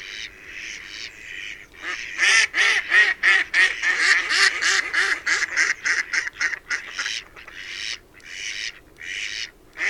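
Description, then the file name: Mallard giving rapid, harsh quacks in a long continuous run of roughly three per second, with a few softer calls before and after. "tokesrece"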